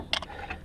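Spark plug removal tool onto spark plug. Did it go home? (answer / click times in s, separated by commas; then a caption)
yes / 0.1 s. A spark plug removal tool is pushed down onto a spark plug in an engine, and a sharp click is heard at 0.1 s as it seats on the plug. Two fainter ticks follow at about 0.2 s and 0.5 s. The tool is seated on the spark plug.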